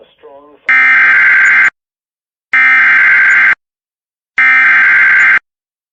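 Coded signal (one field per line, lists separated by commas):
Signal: Emergency Alert System (SAME) tones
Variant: header bursts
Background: speech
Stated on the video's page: Compilation of EAS alerts: severe thunderstorm warnings, a required weekly test, a blizzard warning and a tornado watch.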